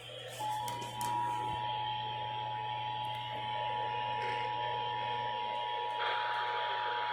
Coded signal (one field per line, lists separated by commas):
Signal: Emergency Alert System (SAME) tones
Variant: 853 and 960 Hz attention tone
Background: music